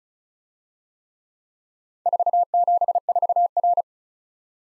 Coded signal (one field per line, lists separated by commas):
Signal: Morse code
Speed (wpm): 40 wpm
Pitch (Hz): 700 Hz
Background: none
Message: 474R